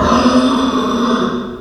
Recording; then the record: squeal of a Yucatan mini pig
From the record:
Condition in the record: after surgery on the right vocal fold (resection and tissue-engineered implant); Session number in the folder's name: 15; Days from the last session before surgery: 175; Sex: female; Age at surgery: 19 weeks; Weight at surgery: 25 kg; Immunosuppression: prednisolone